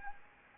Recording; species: mosquito wingbeat signal from an infrared sensor; Anopheles gambiae